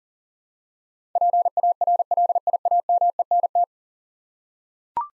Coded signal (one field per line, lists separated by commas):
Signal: Morse code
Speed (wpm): 38 wpm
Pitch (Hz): 700 Hz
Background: none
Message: PARLIAMENT